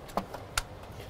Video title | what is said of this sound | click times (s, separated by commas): Mk4 Golf spark plug and wire install | it onto the wire or the spark plug until you hear it click and now i'm going to do the rest of them | 0.6 s